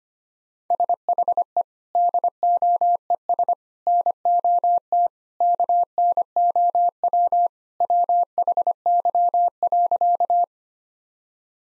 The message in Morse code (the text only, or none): SHE DOES NOT KNOW WHY.